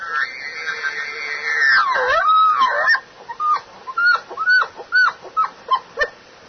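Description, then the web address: Elk bull bugling: a long, high, strained whistle that drops into a wavering moan, followed by a quick series of short chuckling grunts. Bull elk, recorded for an elk contest in 2001. "bowsite. elkcontest elk 2001 soundfiles bull"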